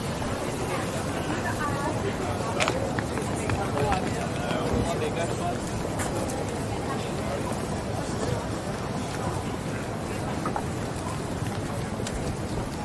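Walking along George Street, a crowd of pedestrians' voices blends into a dense, steady low rumble of city noise that barely changes in level. Brief sharp clicks or taps stand out around the third, fourth and tenth seconds.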